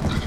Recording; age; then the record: pig call; growing-finishing pig (85 days or more)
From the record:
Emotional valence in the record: positive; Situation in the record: run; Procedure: transit